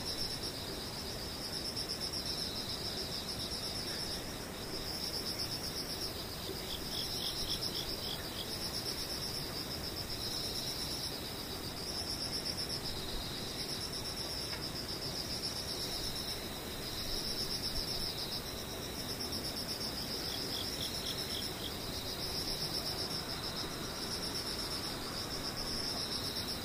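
Insects chirr without pause, a dense high-pitched trilling layered in several bands, with pulsing bursts that swell and fade every couple of seconds. Beneath it runs a steady low rumble, and the overall level stays even for the whole 27 seconds.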